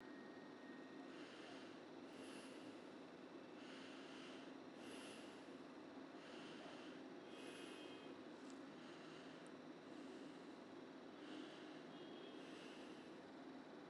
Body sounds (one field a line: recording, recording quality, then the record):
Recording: shallow breathing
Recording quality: excellent, no background noise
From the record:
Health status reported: COVID-19 positive, mild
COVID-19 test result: positive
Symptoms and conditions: muscle pain, loss of smell and taste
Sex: male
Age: 34 years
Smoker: not ticked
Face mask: not worn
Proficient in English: yes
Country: India